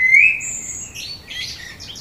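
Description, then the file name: Common blackbird song fragment: a rising whistled note followed by a brief scratchy, high-pitched twitter. "Turdus merula"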